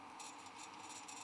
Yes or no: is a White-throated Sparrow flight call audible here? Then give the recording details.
no. No flight call is heard. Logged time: 05:01 on 13 December 2014